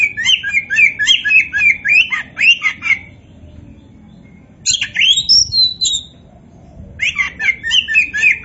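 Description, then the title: Oriental magpie-robin song: fast rhythmic series of repeated chirping notes, a short varied whistled phrase, then the repeated chirps resume. Described as gacor, meaning singing actively and continuously. "Kacer Poci Gacor"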